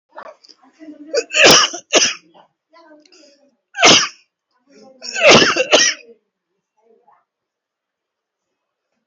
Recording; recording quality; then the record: heavy voluntary cough; excellent, no background noise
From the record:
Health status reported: COVID-19 positive, moderate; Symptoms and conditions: breathing difficulty, fever, loss of smell and taste, hypertension, diabetes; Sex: male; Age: 57 years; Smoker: not ticked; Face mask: worn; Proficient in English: yes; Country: India